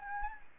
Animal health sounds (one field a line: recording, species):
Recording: mosquito wingbeat signal from an infrared sensor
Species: Anopheles gambiae